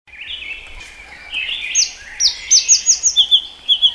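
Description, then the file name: Blue-throated flycatcher song: soft warbling that builds into a rapid series of bright rising notes, then a few more after a short gap. "sikatan blue throated omkicau"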